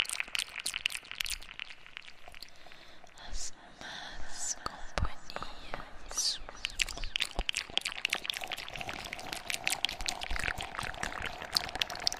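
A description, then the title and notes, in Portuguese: Wet mouth sounds with an echo effect: rapid clicks, smacks and moist pops crowd the whole clip, bright and crisp. A brief breathy, hissing stretch near the three-second mark interrupts them, and a faint low ring trails behind many sounds. ASMR com sons de boca e efeito de eco.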